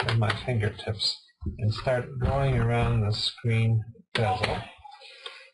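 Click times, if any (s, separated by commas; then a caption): 5.3 s. Someone talks while prying the plastic screen bezel off the display lid of an HP ProBook 4320s laptop with their fingertips, working around the bezel. A sharp snap at 5.3 s is the bezel's clips snapping free, a good sign that the bezel is coming up and releasing.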